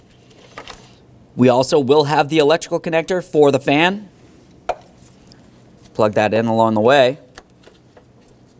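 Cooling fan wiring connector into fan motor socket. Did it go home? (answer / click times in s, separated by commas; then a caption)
no / none. During a radiator replacement on a 2003–2007 Honda Accord, the plastic electrical connector of the radiator cooling fan is handled near the fan motor socket while someone talks, with faint taps and a sharp loud knock at about 4.7 s. Nothing has clicked or seated yet; the connector is not yet home when the clip ends.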